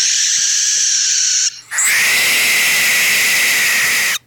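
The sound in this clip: Barn owl hissing: a steady breathy hiss, a short break, then a longer rasping hiss that holds level for over two seconds.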